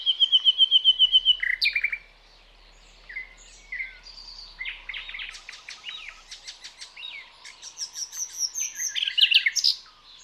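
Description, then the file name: Common nightingale song opening with a fast rattling trill, then scattered whistles, clicking note series and rich chattering phrases that swell toward the end. "Luscinia megarhynchos"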